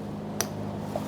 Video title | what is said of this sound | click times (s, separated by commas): How to Replace Fuel Pump Module Assembly 2013-2020 Ford Fusion 2.0L L4 | once you've heard that click a quick tug to confirm that's properly secured as well now we have our fuel line | 0.4 s